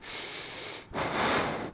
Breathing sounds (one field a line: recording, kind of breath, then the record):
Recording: one breath in and out by a microphone near the nose and mouth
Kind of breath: strong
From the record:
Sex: male